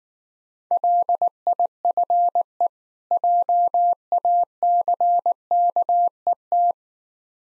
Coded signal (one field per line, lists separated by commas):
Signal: Morse code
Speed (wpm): 19 wpm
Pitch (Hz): 700 Hz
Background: none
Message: LIFE JACKET